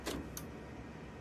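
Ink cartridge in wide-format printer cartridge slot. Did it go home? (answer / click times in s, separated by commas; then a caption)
yes / 0.4 s. A new plastic ink cartridge is pushed into the cartridge slot of a wide-format printer. After a brief broadband rustle of it sliding in, it clicks sharply at 0.4 s. It then springs back out slightly as its push-latch engages, and it is seated.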